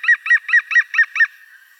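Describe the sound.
European green woodpecker call: six quick, ringing laughing notes in just over a second, each dipping slightly in pitch, then fading away.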